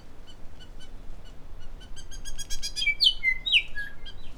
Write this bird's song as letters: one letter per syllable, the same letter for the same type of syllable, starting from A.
A A A B A B C C D E F G H A